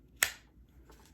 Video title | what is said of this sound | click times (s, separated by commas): T Kell Knives Striker Review | It has, listen to this click. | 0.2 s